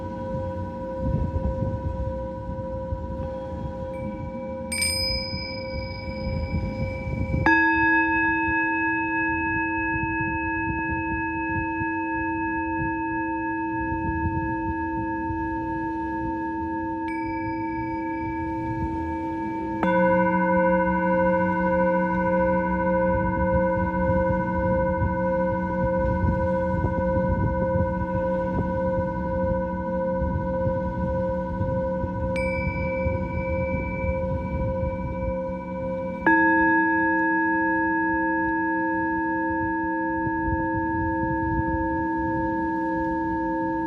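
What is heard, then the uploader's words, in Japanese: Singing bowls ring in long, steady overlapping tones, with new strikes at roughly 5, 7, 20, 32 and 36 seconds changing the chord. Each strike adds a bright ring that hangs over a deep, sustained hum. The sound stays full and unbroken throughout. メキシコから シンギングボウルのサウンドヒーリング ライブ。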